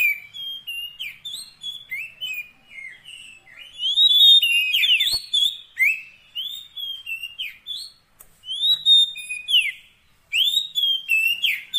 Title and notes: Kacer Jadi Gacor Siang Malam. Isian Kacer Durasi Panjang